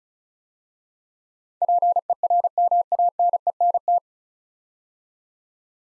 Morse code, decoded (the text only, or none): PERMANENT